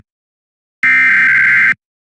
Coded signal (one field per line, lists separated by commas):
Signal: Emergency Alert System (SAME) tones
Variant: header bursts